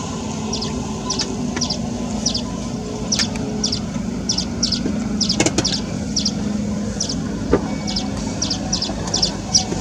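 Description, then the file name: Streaked weaver calling with sharp high chips, sometimes paired, scattered throughout against constant low traffic noise and a brief thump. "Streaked weaver alok"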